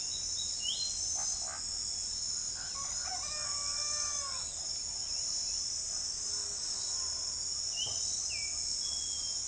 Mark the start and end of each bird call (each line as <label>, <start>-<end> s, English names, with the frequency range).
Crested Bobwhite (2.6-4.2 kHz), 0.00-0.91 s
Olive-grey Saltator (2.2-3.5 kHz), 7.71-9.42 s